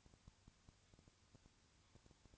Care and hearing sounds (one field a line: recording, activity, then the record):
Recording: daily activity, microphone in the room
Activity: no activity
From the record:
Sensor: 2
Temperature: 20.3 degrees Celsius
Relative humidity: 35.6%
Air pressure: 1001.0 hPa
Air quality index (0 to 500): 196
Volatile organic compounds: 5 ppm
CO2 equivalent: 1733 ppm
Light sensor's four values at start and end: 2/3/2/2 and 2/3/2/2